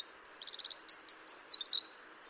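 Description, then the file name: Eurasian wren song: a fast, high-pitched burst of rapid trills and looping whistled notes lasting under two seconds, then quiet with a faint background hiss. "Troglodytes troglodytes"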